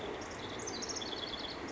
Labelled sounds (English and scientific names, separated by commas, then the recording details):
House Wren (Troglodytes aedon)
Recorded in Sonoma County, California